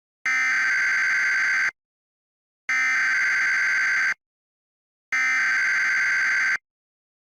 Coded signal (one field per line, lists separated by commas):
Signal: Emergency Alert System (SAME) tones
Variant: header bursts